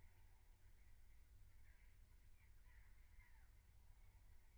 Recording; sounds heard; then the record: poultry house recording; no chicken sound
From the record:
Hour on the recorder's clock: 15